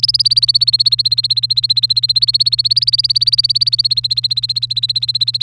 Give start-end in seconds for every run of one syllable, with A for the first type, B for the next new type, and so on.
0.03-5.42 A